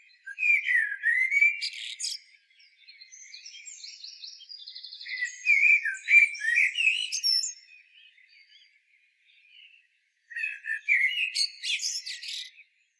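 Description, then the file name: Common blackbird singing three phrases, each a mellow fluted warble ending in thin, high, scratchy twitters, separated by short pauses. "Turdus merula"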